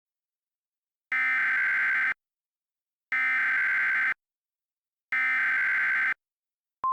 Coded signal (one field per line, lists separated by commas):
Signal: Emergency Alert System (SAME) tones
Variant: header bursts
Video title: EAS SCENARIO: The Ultimate Hijacking *Valid EAS tones